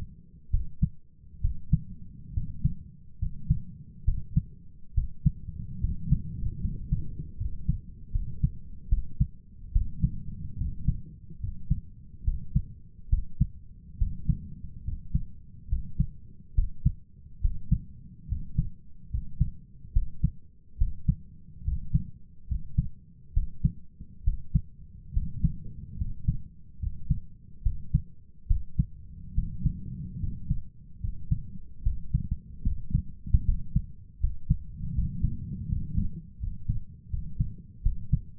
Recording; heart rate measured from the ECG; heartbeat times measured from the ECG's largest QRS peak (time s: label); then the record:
heart sounds by stethoscope; 72 bpm
0.50 s: heartbeat
1.40 s: heartbeat
2.33 s: heartbeat
3.18 s: heartbeat
4.04 s: heartbeat
4.93 s: heartbeat
5.80 s: heartbeat
6.60 s: heartbeat
7.36 s: heartbeat
8.11 s: heartbeat
8.88 s: heartbeat
9.71 s: heartbeat
10.57 s: heartbeat
11.39 s: heartbeat
12.23 s: heartbeat
13.09 s: heartbeat
13.97 s: heartbeat
14.83 s: heartbeat
15.68 s: heartbeat
16.54 s: heartbeat
17.40 s: heartbeat
18.27 s: heartbeat
19.10 s: heartbeat
19.92 s: heartbeat
20.77 s: heartbeat
21.63 s: heartbeat
22.47 s: heartbeat
23.32 s: heartbeat
24.23 s: heartbeat
25.12 s: heartbeat
25.97 s: heartbeat
26.78 s: heartbeat
27.62 s: heartbeat
28.46 s: heartbeat
29.33 s: heartbeat
30.19 s: heartbeat
31.00 s: heartbeat
31.82 s: heartbeat
32.62 s: heartbeat
33.44 s: heartbeat
34.19 s: heartbeat
34.94 s: heartbeat
35.68 s: heartbeat
36.39 s: heartbeat
37.09 s: heartbeat
37.81 s: heartbeat
From the record:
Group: healthy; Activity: rest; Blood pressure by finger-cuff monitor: 110/71 mmHg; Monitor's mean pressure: 82 mmHg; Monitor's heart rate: 71 bpm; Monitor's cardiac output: 6.4 L/min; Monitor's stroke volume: 90 mL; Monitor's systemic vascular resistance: 930 dyn s/cm5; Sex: male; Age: 23 years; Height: 178 cm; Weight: 96.6 kg